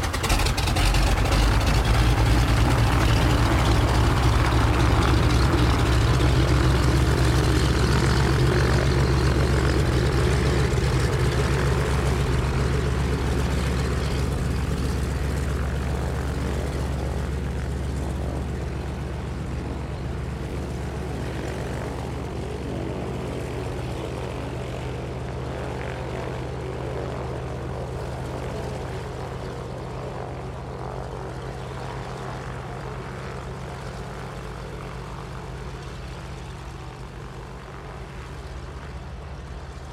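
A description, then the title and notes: A de Havilland Canada DHC-2 Beaver's propeller engine drones loudly at first, a deep pulsing roar with strong low throb and steady tones. Over the forty seconds the sound gradually fades and thins, ending as a softer hum. De Havilland Canada DHC - 2 Beaver by Andy "soundeziner" Martin.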